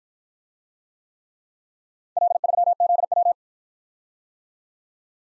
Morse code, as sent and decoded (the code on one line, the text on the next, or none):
.-.. ...-- --.. .--
L3ZW